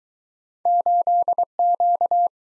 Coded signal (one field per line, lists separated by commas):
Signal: Morse code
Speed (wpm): 22 wpm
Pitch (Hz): 700 Hz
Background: none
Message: 8Q